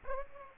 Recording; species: mosquito wingbeat signal from an infrared sensor; Aedes aegypti